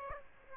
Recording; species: mosquito wingbeat signal from an infrared sensor; Aedes aegypti